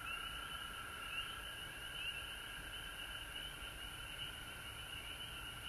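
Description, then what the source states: Frog chorus: high, shrill rising peeps stand out over a continuous high-pitched trill and a lower steady band, with faint low rumble beneath. Several frogs recorded at home in Georgia on March 19, 2020.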